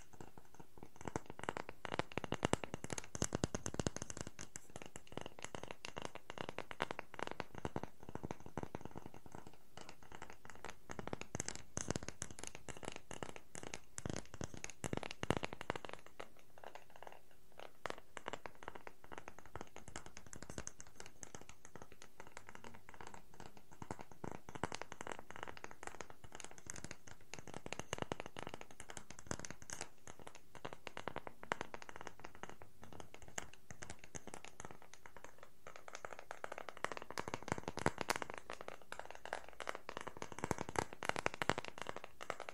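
Wooden objects are tapped and scratched almost without pause, a dense run of quick, dry clicks and knocks mixed with rough scraping. Bursts thin out briefly around 16 and 35 seconds, and near the end a smoother rubbing sweep rises and falls.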